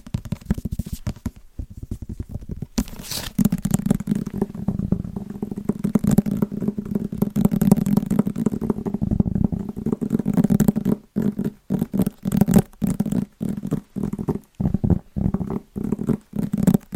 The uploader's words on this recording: ASMR Fast & Rhythmic Tapping with Christmas Presents No Talking.